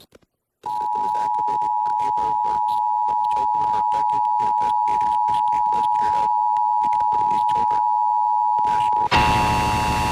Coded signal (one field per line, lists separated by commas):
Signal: Emergency Alert System (SAME) tones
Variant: 853 and 960 Hz attention tone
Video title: EAS #894-895: 2 EAS Required Monthly Tests- Dec. 7, 2023- 12:15AM PST